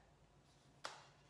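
The telescopic rod of a Saiji tablet and phone stand is pushed fully into its base until it clicks into position. A single sharp click at 0.9 s stands out against a faint, steady low hum and fades within a few tenths of a second. The rod is seated in the base.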